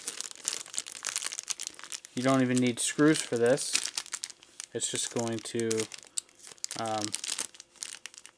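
Someone handles a plastic snap-fit part that needs no screws, pressing it toward the frame of a Fanhome R2-D2 droid model, with crinkling and short sharp handling ticks while someone talks. The part has not yet popped into place; nothing has seated or clicked by the end of the clip.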